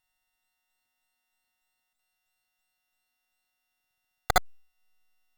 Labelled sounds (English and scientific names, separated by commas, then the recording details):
Domestic Canary (Serinus canaria) song
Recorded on 23 April 2018 at 14:20
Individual llb3